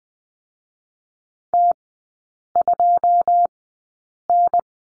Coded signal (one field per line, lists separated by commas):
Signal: Morse code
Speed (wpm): 19 wpm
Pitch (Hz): 700 Hz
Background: none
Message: T 2 N